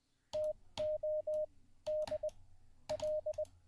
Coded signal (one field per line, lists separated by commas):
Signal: Morse code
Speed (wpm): 20 wpm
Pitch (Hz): 610 Hz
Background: none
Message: TO DL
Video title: How To Learn Morse Code LIVE with N0SSC (Day 17)